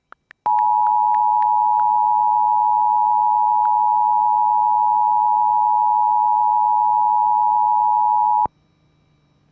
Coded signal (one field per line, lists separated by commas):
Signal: Emergency Alert System (SAME) tones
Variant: 853 and 960 Hz attention tone